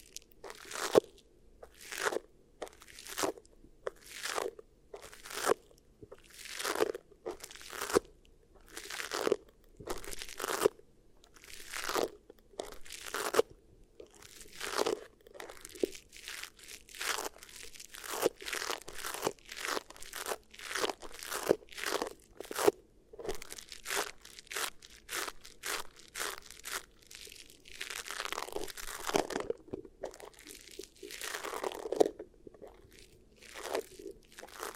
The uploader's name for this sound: Beeswax Ear Triggers